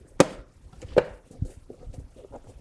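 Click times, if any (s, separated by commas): 0.2 s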